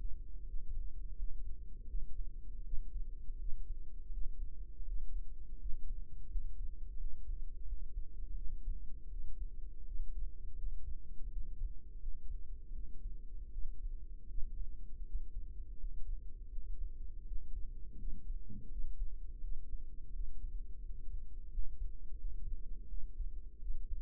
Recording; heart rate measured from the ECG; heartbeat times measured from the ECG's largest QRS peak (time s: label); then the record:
heart sounds by microphone in the right ear; 83 bpm
0.43 s: heartbeat
1.13 s: heartbeat
1.85 s: heartbeat
2.61 s: heartbeat
3.36 s: heartbeat
4.08 s: heartbeat
4.83 s: heartbeat
5.56 s: heartbeat
6.27 s: heartbeat
6.95 s: heartbeat
7.63 s: heartbeat
8.33 s: heartbeat
9.07 s: heartbeat
9.82 s: heartbeat
10.54 s: heartbeat
11.27 s: heartbeat
11.97 s: heartbeat
12.71 s: heartbeat
13.49 s: heartbeat
14.25 s: heartbeat
15.02 s: heartbeat
15.75 s: heartbeat
16.48 s: heartbeat
17.22 s: heartbeat
17.95 s: heartbeat
18.67 s: heartbeat
19.39 s: heartbeat
20.10 s: heartbeat
20.80 s: heartbeat
21.48 s: heartbeat
22.15 s: heartbeat
22.85 s: heartbeat
23.57 s: heartbeat
From the record:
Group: healthy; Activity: rest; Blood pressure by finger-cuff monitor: 100/55 mmHg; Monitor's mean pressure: 70 mmHg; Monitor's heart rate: 82 bpm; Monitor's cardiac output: 7 L/min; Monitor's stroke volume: 86 mL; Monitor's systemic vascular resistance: 700 dyn s/cm5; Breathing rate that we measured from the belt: 12 breaths a minute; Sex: female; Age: 26 years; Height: 165 cm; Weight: 55 kg